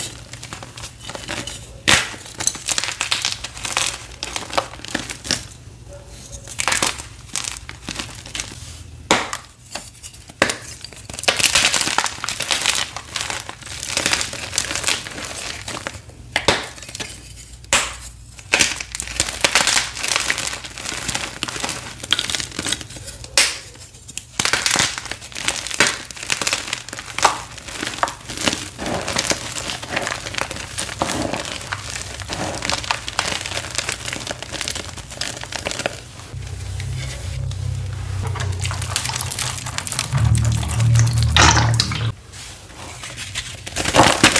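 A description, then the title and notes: Chalk blocks are crushed, a steady run of dense, bright crinkling and crumbling with brief pauses and low thumps near the end. ASMR crushing watermelon themed pasted gym chalk blocks.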